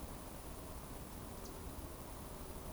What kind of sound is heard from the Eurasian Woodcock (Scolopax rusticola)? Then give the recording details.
whistle. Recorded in Baden-Württemberg, Germany, on 25 June 2020 at 20:22 UTC. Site 24578, 122 m above sea level